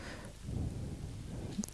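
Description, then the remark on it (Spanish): A dull, muffled knock against a wall in the Museo de la Revolución, low and heavy, rising out of a steady low rumble, followed by a brief sharp tap near the end; no one speaks. “Después de este golpe que escuchamos en la pared, esos son pasos de arriba, ¿verdad?”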